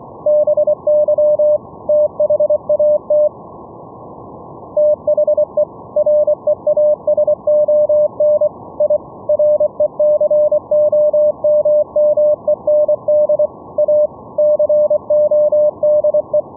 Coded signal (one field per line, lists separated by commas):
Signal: Morse code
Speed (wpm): 24 wpm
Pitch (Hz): 600 Hz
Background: radio noise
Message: BY THAT THE REASON I RECOMMEND A CODE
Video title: Raspberry Pi RTSP SERVER for Morse Code VLF RF over ip FULL DUPLEX CW NET operations - LIVE demo